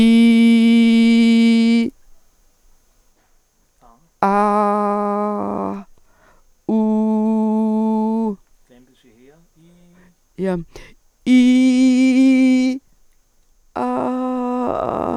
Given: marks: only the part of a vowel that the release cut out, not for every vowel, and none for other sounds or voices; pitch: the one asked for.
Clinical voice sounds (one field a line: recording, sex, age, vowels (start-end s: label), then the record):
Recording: sustained vowels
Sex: female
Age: 70 to 79 years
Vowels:
0.00-0.79 s: vowel /i/, normal pitch
4.40-5.34 s: vowel /a/, normal pitch
6.97-8.04 s: vowel /u/, normal pitch
11.47-12.45 s: vowel /i/, high pitch
14.11-14.67 s: vowel /a/, high pitch
From the record:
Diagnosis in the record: central laryngeal movement disorder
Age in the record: 74 years